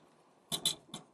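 A slider section of a toy robot's backpack is pulled back down along its stiff track, with two short scraping clacks near 0.5 s and 0.7 s. A sharp click follows at 0.9 s, but the section is still not fully home, not all the way down.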